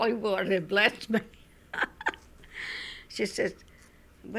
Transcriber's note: she laughs